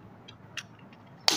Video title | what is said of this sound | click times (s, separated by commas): how to make switch board - 2 switch + 2 sockets - Trending Switch board wiring | लगा देंगे lock हो जाएगा | 1.3 s